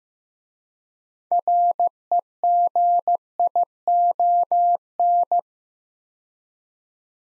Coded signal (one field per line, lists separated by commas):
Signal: Morse code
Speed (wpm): 15 wpm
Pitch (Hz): 700 Hz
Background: none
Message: REGION